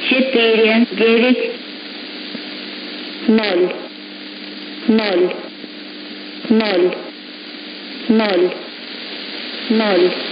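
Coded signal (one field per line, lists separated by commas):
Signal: numbers station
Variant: S06s, Russian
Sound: female voice reading Russian numbers, about six short words evenly spaced, over hiss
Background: radio static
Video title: 30 08 2021 Number station S06s Russian Lady in Russian to Eu 1209 on 12165 unknown tx site in CUSB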